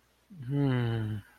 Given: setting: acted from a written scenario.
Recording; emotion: vocal sound without words; disappointment